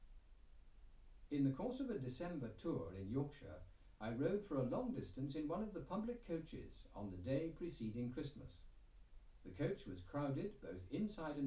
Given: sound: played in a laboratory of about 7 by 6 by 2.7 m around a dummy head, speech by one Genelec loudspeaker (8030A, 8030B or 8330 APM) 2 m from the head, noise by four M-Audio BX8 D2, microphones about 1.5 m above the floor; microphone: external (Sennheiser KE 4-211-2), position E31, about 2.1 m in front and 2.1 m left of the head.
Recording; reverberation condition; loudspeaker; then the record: male speech in English; low; 30 degrees to the right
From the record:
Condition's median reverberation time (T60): about 310 ms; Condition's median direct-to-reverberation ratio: about 3.5 dB